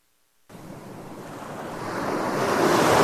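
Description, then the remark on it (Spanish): Ocean surf rushes in at a beach after a brief silence, a broad hissing wash of waves that steadily swells louder, with a faint rumble of wind underneath and no voices. “Los metaleros de Puerto Rico invaden la playa Guayabas.”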